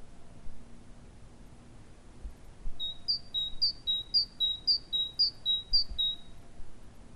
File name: Parus major